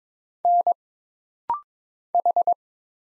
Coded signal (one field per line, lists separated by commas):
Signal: Morse code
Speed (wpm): 22 wpm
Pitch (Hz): 700 Hz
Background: none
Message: N H